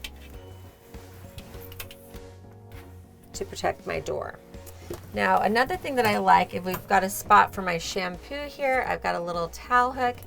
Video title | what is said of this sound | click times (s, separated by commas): 2020 Winnebago Boldt - Full Motorhome Walkthrough Tour - NIRVC | snap it across the top here to protect my door | 0.0 s